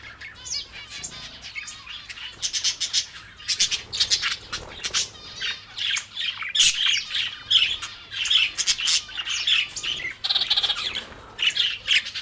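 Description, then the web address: Exotic birds in a busy chorus: sharp clicks, rapid twittering and harsh squawks pile up, growing livelier in the second half. "Blue Box birds birds exotic"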